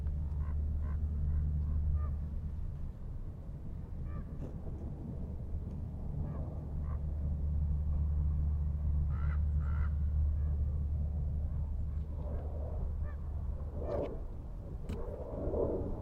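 An outdoor recording at Manzanita Barren in Montclair, CA, carried by a steady low engine-like hum throughout. Short bird-like chirps and clicks appear scattered across it, with a few brief vocal sounds near the middle and a busier patch toward the end.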